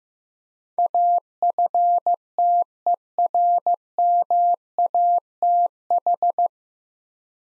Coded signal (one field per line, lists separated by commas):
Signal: Morse code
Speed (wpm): 15 wpm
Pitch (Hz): 700 Hz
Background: none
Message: AFTERMATH